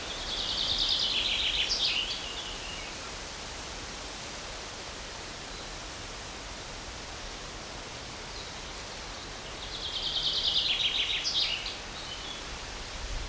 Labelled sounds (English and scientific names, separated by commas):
Common Chaffinch (Fringilla coelebs)